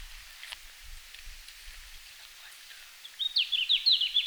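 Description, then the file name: Red-flanked bluetail: low rumbling noise at first, then a red-flanked bluetail sings a lively phrase of high, jumping notes near the end. Recorded in Finland on 17 June 2019 at 17:00. "Robin à flancs roux-20190617-1700-Finlande"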